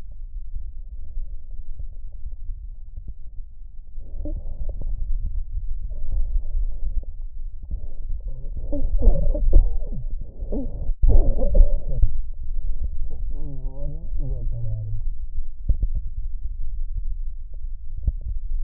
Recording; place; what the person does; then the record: lung sounds by stethoscope; left anterior apical chest; quiet breathing, then cough and speech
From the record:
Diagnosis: interstitial lung disease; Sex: male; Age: 75 years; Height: 167 cm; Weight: 68 kg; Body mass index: 24.4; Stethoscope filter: extended mode